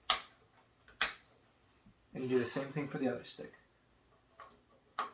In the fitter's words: you line it up with the slots and you push it until it clicks